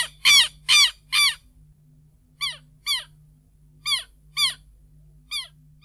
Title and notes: Museo de Ciencias de Bahía Blanca - PdA - Tero. Tero (Vanellus chilensis)